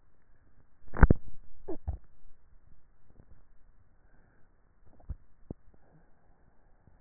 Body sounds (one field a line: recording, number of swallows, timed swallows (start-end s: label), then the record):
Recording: swallowing sounds by neck microphone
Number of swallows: 3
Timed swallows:
1.58-2.12 s: swallow
3.05-3.92 s: swallow
4.88-5.55 s: swallow
From the record:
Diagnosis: dysphagia